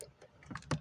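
A Janome AccuFeed dual feed foot holder is pushed up and back onto a sewing machine presser bar. A few light ticks and scrapes come at about 0.4–0.6 s, then a sharp, loud click at 0.7 s as the holder seats onto the bar.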